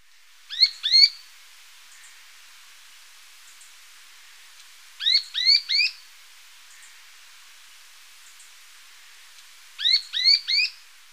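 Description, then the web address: Rufous spinetail calling in short bursts of two to four sharp, arched high notes, each burst repeated roughly every five seconds against a quiet background. Ecuador. "Birds of Ecuador. Rufous Spinetail"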